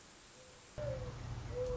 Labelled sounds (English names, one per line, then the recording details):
Mourning Dove
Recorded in Sonoma County, California